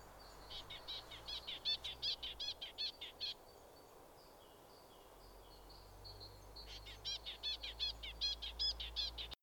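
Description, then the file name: Great tit singing bright, high repeated two-note phrases in a quick run, a pause with faint thin notes, then another similar run. "Parus major"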